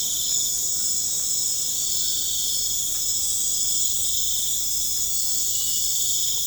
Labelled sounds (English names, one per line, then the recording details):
none
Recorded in pastures near Puerto Asís, Putumayo, Colombia, on 22 December 2024 at 23:00
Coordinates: 0.496, -76.326
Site G004